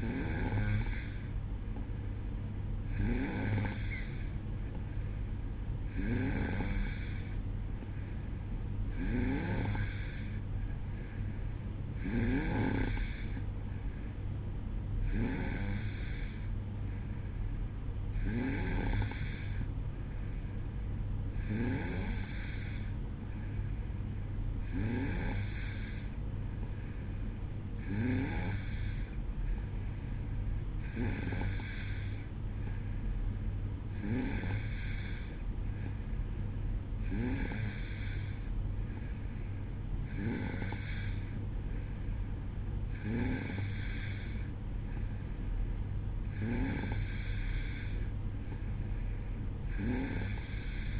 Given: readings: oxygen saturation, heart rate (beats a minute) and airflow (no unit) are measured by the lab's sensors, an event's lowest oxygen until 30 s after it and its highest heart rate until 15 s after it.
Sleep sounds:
breathing in sleep by a smartphone at the bedside; none
none scored
From the record:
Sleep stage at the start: N2 (light sleep); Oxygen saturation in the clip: 91 to 92%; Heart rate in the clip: 62 to 66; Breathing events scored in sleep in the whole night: 305 in 9.6 hours asleep

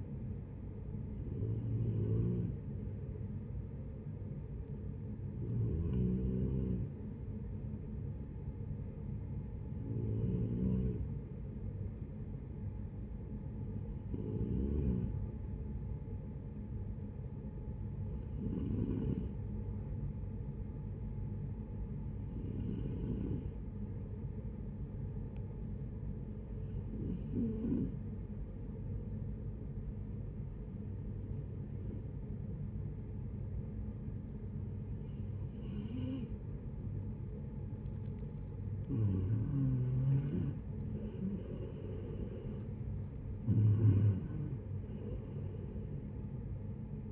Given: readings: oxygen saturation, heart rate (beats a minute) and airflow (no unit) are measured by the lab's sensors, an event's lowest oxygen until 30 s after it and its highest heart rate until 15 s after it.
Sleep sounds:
breathing in sleep by a smartphone at the bedside; 1
4.00-47.12 s: new sleep stage, N2 (light sleep)
8.00-38.70 s: hypopnea (N2, oxygen 95% highest, then 88% lowest, heart rate 69 at the start, 76 highest)
From the record:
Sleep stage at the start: N1 (lightest sleep); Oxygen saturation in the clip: 90 to 95%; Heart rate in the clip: 62 to 76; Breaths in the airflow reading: 11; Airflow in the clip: -10.3 to 11.4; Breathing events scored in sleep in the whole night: 496 in 5.4 hours asleep

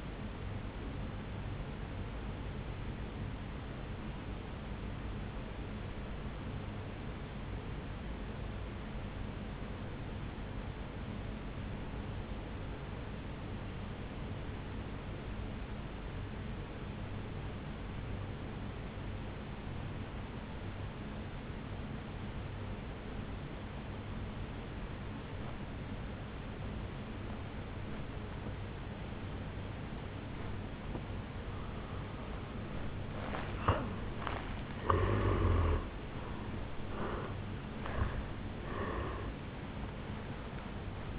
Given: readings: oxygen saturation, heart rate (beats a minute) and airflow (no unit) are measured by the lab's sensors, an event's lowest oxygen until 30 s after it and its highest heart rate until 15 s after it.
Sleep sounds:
breathing in sleep by a voice recorder at the bedside; 1
3.00-33.70 s: obstructive apnea (N1, oxygen 97% highest, then 79% lowest, heart rate 53 at the start, 78 highest)
From the record:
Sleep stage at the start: N1 (lightest sleep); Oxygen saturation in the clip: 82 to 97%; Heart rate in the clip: 52 to 78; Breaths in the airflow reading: 3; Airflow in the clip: -11.1 to 7.6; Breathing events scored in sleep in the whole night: 449 in 7.0 hours asleep

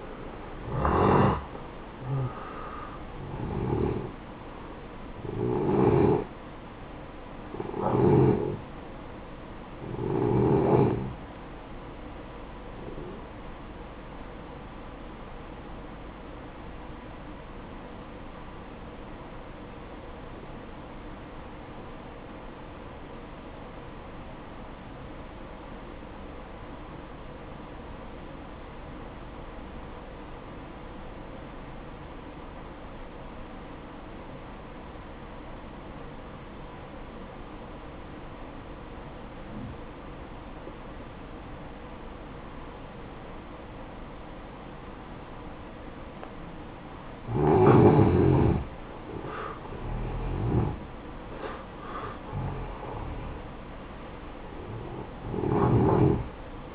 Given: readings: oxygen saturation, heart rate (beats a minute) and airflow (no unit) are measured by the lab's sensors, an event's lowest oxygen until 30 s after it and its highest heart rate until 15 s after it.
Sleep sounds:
breathing in sleep by a voice recorder at the bedside; 1
14.00-56.75 s: new sleep stage, N1 (lightest sleep)
16.00-44.30 s: obstructive apnea (N1, oxygen 95% highest, then 89% lowest, heart rate 57 at the start, 69 highest)
From the record:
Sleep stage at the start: N2 (light sleep); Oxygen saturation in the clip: 90 to 95%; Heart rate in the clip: 55 to 67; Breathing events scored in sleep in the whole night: 573 in 9.8 hours asleep

